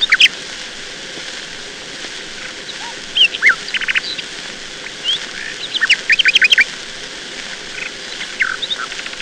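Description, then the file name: Nightingale song in scattered bursts of sharp notes, trills and short whistles separated by pauses, over a steady background hiss. "Solovei"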